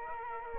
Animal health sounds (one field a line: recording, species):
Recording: mosquito wingbeat signal from an infrared sensor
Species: Aedes aegypti